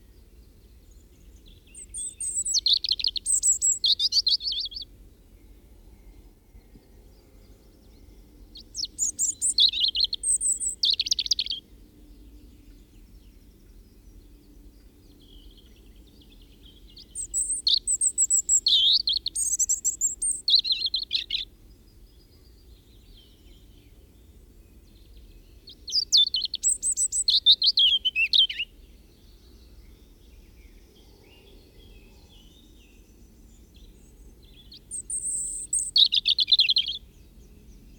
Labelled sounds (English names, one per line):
European Robin song